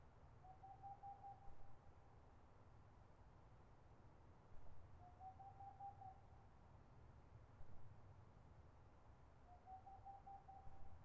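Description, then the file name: Boreal owl hooting song: three quick runs of soft, even hoots on one pitch, each run just over a second, spaced a few seconds apart over a low rumble. Recorded 22 March 2013. "20130322-Pärluggla"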